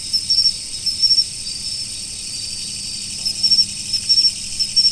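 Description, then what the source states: Insects chirping in a dense, steady high-pitched chorus, with brief clusters of sharper chirps breaking through at irregular intervals. Autumn.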